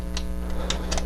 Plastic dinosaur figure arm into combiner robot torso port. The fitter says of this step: it just snaps into place and then for the legs same thing you've got these little grooves here so